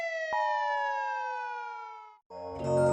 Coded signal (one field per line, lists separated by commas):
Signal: Emergency Alert System (SAME) tones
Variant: 853 and 960 Hz attention tone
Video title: ranking EAS alarms by scariness (part 2)